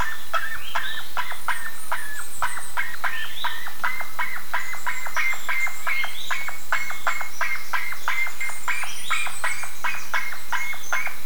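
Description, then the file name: Bird calls as a rapid series of short, sharp notes holding a steady pitch, about three per second, with occasional higher chirps. "SABIOD 50 bird 2015"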